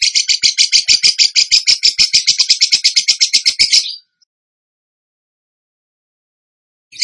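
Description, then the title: Bird giving a rapid burst of high, rattling repeated notes for about four seconds, then silence, with a brief restart at the very end. Masteran (training recording) for birds, in the tembakan gacor song style. "Masteran Burung Tembakan Gacor"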